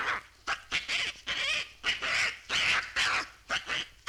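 Monkey squeals, harsh bursts of varied length in quick succession, some with a shrill whistled edge, separated by short gaps.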